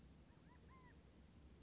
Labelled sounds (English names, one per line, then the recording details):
California Quail
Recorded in Sonoma County, California